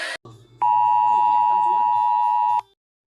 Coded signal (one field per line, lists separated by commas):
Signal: Emergency Alert System (SAME) tones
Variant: 853 and 960 Hz attention tone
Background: speech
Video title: all EAS alarms